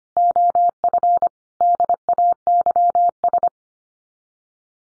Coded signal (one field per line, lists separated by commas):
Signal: Morse code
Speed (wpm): 25 wpm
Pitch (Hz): 700 Hz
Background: none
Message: OF DAYS